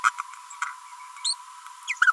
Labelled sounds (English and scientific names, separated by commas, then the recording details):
Green-rumped Parrotlet (Forpus passerinus) babbling
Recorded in a nest box in Venezuela
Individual 18B25A5